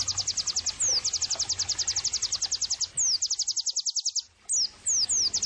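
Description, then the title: White-eye delivering quick high trills with sliding whistles between, and a brief break late on before whistles resume. Pleci singing actively (gacor); therapy and bird-training (masteran) audio for pleci. "Pleci Gacor. terapi pleci dextro 87 plus masteran kenari sahdu OmAcuz Dextro87 channel"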